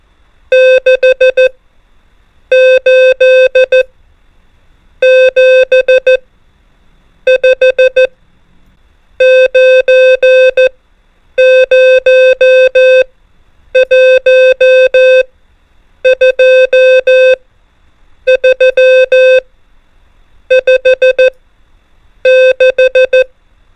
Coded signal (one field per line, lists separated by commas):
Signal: Morse code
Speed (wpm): 14 wpm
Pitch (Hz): 520 Hz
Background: music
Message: 6 8 7 5 9 0 1 2 3 5 6